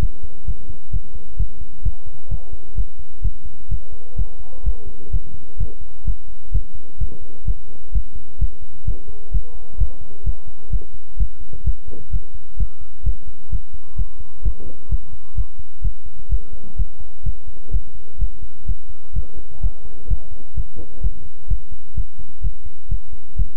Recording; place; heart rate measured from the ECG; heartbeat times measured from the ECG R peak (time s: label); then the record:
heart sounds by stethoscope; between the tricuspid and mitral areas; 128 bpm
0.45 s: heartbeat
0.91 s: heartbeat
1.37 s: heartbeat
1.83 s: heartbeat
2.29 s: heartbeat
2.75 s: heartbeat
3.22 s: heartbeat
3.69 s: heartbeat
4.16 s: heartbeat
4.63 s: heartbeat
5.10 s: heartbeat
5.57 s: heartbeat
6.04 s: heartbeat
6.52 s: heartbeat
6.98 s: heartbeat
7.45 s: heartbeat
7.92 s: heartbeat
8.38 s: heartbeat
8.85 s: heartbeat
9.31 s: heartbeat
9.78 s: heartbeat
10.24 s: heartbeat
10.70 s: heartbeat
11.17 s: heartbeat
11.64 s: heartbeat
12.10 s: heartbeat
12.57 s: heartbeat
13.03 s: heartbeat
13.49 s: heartbeat
13.96 s: heartbeat
14.42 s: heartbeat
14.89 s: heartbeat
15.35 s: heartbeat
15.82 s: heartbeat
16.29 s: heartbeat
16.76 s: heartbeat
17.23 s: heartbeat
17.71 s: heartbeat
18.18 s: heartbeat
18.66 s: heartbeat
19.13 s: heartbeat
19.61 s: heartbeat
20.08 s: heartbeat
20.54 s: heartbeat
21.01 s: heartbeat
21.48 s: heartbeat
21.94 s: heartbeat
22.41 s: heartbeat
22.89 s: heartbeat
23.36 s: heartbeat
From the record:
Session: pedaling a stationary bicycle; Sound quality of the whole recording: good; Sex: male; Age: 24 years